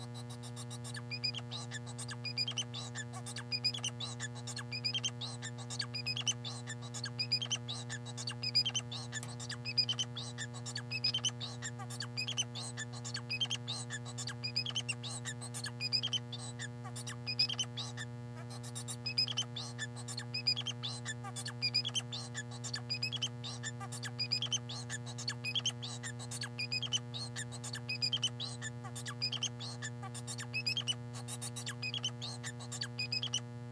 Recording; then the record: song of a male Bengalese finch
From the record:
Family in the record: son of father 4